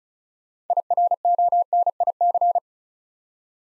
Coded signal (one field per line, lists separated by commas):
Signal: Morse code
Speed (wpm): 36 wpm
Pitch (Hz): 700 Hz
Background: none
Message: IRONIC